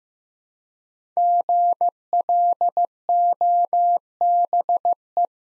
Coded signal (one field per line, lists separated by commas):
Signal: Morse code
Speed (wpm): 15 wpm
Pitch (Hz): 700 Hz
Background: none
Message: GLOBE